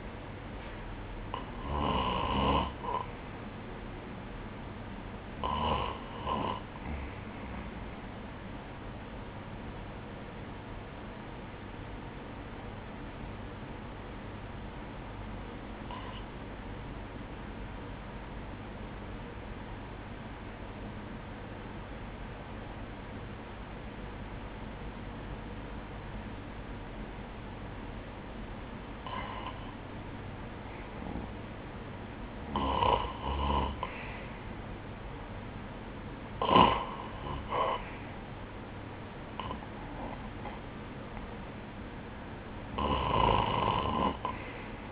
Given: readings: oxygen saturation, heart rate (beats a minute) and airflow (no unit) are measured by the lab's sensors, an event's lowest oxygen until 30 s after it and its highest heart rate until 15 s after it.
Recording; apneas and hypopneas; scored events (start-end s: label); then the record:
breathing in sleep by a voice recorder at the bedside; 1
9.00-31.20 s: hypopnea (REM, oxygen 96% highest, then 91% lowest, heart rate 64 at the start, 73 highest)
From the record:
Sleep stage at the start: REM sleep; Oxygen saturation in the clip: 89 to 96%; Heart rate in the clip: 60 to 73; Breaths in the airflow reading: 7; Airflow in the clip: -13.8 to 6.3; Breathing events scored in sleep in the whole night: 180 in 6.7 hours asleep